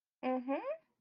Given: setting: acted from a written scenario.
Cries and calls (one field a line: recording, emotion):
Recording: vocal sound without words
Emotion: interest